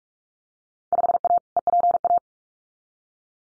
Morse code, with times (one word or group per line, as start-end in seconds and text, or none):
0.9-1.4 5A
1.6-2.2 EPA